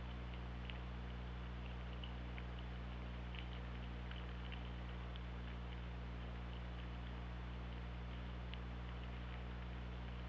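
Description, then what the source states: Killer whale echolocation clicks, a loose scatter of faint ticks throughout, with steady low hydrophone hum underneath. Recorded by hydrophone at OrcaLab on 24 August 2017 around 13:59.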